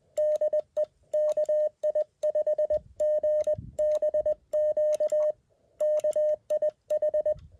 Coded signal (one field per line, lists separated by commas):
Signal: Morse code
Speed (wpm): 20 wpm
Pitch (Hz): 610 Hz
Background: none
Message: DE KI5GBQ KIH